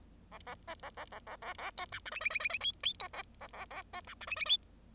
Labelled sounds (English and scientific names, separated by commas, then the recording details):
Bengalese Finch (Lonchura striata domestica) song
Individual Bird0